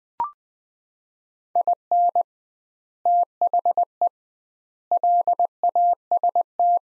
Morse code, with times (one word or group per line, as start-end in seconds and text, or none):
1.6-2.2 IN
3.1-4.1 THE
4.9-6.8 LAST